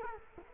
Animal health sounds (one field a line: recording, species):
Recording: mosquito wingbeat signal from an infrared sensor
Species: Culex quinquefasciatus